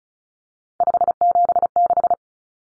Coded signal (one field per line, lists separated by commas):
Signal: Morse code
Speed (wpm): 34 wpm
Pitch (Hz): 700 Hz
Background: none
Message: 576